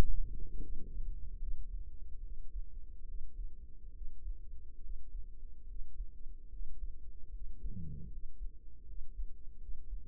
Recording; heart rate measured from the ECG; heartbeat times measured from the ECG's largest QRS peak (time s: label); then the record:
heart sounds by microphone in the right ear; 73 bpm
0.58 s: heartbeat
1.36 s: heartbeat
2.19 s: heartbeat
3.04 s: heartbeat
3.91 s: heartbeat
4.78 s: heartbeat
5.64 s: heartbeat
6.48 s: heartbeat
7.29 s: heartbeat
8.08 s: heartbeat
8.84 s: heartbeat
9.57 s: heartbeat
From the record:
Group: healthy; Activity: rest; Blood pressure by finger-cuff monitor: 166/106 mmHg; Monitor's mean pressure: 123 mmHg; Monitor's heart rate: 73 bpm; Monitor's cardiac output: 5.4 L/min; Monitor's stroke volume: 74 mL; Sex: male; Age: 35 years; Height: 178 cm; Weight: 64 kg